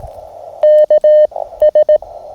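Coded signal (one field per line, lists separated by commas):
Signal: Morse code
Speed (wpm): 19 wpm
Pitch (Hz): 610 Hz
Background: none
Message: K S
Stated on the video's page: Morse sent from an MTR radio on a field Parks on the Air activation, using an end-fed half-wave antenna.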